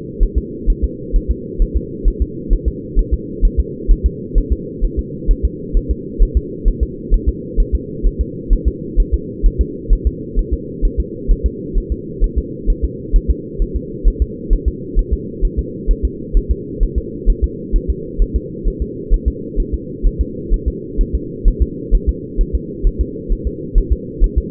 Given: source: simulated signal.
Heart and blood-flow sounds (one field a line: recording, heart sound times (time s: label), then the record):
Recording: fetal heart sounds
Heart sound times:
0.23 s: S1
0.38 s: S2
0.70 s: S1
0.84 s: S2
1.16 s: S1
1.31 s: S2
1.62 s: S1
1.77 s: S2
2.08 s: S1
2.22 s: S2
2.53 s: S1
2.68 s: S2
2.99 s: S1
3.13 s: S2
3.45 s: S1
3.60 s: S2
3.91 s: S1
4.06 s: S2
4.38 s: S1
4.52 s: S2
4.84 s: S1
4.99 s: S2
5.31 s: S1
5.45 s: S2
5.77 s: S1
5.91 s: S2
6.23 s: S1
6.37 s: S2
6.68 s: S1
6.83 s: S2
7.14 s: S1
7.28 s: S2
7.60 s: S1
7.75 s: S2
8.07 s: S1
8.21 s: S2
8.53 s: S1
8.68 s: S2
9.00 s: S1
9.14 s: S2
9.46 s: S1
9.61 s: S2
9.93 s: S1
10.07 s: S2
10.39 s: S1
10.53 s: S2
10.85 s: S1
11.00 s: S2
11.31 s: S1
11.46 s: S2
11.78 s: S1
11.92 s: S2
12.24 s: S1
12.38 s: S2
12.70 s: S1
12.84 s: S2
13.16 s: S1
13.31 s: S2
13.62 s: S1
13.76 s: S2
14.08 s: S1
14.22 s: S2
14.53 s: S1
14.68 s: S2
14.99 s: S1
15.13 s: S2
15.45 s: S1
15.59 s: S2
15.91 s: S1
16.05 s: S2
16.37 s: S1
16.51 s: S2
16.83 s: S1
16.98 s: S2
17.30 s: S1
17.44 s: S2
17.76 s: S1
17.90 s: S2
18.22 s: S1
18.36 s: S2
18.68 s: S1
18.82 s: S2
19.14 s: S1
19.28 s: S2
19.60 s: S1
19.74 s: S2
20.07 s: S1
20.21 s: S2
20.54 s: S1
20.68 s: S2
21.01 s: S1
21.15 s: S2
21.48 s: S1
21.62 s: S2
21.95 s: S1
22.09 s: S2
22.41 s: S1
22.55 s: S2
22.87 s: S1
23.01 s: S2
23.32 s: S1
23.47 s: S2
23.78 s: S1
23.93 s: S2
24.24 s: S1
24.38 s: S2
From the record:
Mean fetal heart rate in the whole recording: 130 bpm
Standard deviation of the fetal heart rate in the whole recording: 2 bpm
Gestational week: 38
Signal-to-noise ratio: -4.1 dB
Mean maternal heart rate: no maternal heart sound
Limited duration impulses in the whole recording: absent